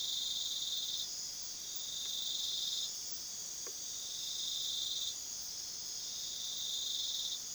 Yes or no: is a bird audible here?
no